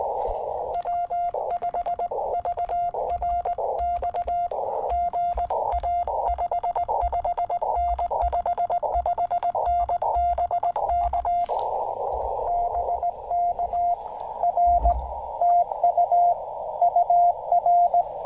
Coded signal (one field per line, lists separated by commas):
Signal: Morse code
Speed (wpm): 18 wpm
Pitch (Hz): 700 Hz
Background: radio noise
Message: W5VRX GA 55N 55N BK BK R TU UR